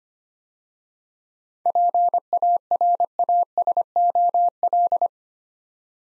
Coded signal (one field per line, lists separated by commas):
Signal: Morse code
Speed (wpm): 27 wpm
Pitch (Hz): 700 Hz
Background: none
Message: PARASOL